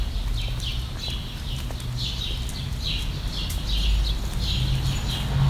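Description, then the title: Bird chirping with high notes repeated steadily, against a persistent deep rumble. "Birds Chirping Meditation"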